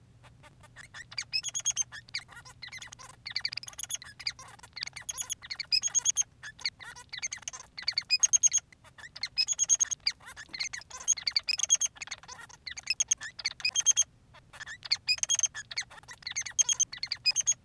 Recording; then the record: song of a male Bengalese finch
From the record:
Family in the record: son of father 3